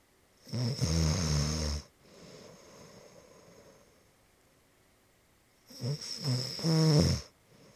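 An adult snoring during sleep: two loud, low-pitched, rattling snores on inhalation, separated by a quieter, breathy exhalation.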